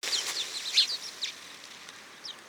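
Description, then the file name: House sparrow chirps: a quick cluster of short, bright chirps in the first second, then a few scattered fainter notes against a quiet hiss. "Passer domesticus"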